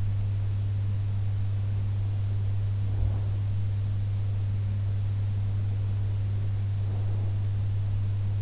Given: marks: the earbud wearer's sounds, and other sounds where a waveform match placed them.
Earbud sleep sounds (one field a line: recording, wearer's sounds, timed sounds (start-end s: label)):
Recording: sounds in sleep by an in-ear microphone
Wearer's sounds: breath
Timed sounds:
2.62-3.58 s: breath
6.76-7.62 s: breath